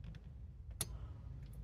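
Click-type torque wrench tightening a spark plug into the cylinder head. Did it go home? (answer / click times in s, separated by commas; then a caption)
yes / 0.8 s. A non-digital click-type torque wrench set to 25 is used to tighten a spark plug into the cylinder head of an Audi A1, working gently in the engine bay so nothing breaks. Over a low background rumble with a few faint ticks, the wrench gives one sharp click at 0.8 s as it reaches the set torque. The spark plug is confirmed torqued to spec.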